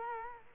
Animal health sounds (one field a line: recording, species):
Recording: mosquito wingbeat signal from an infrared sensor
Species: Culex quinquefasciatus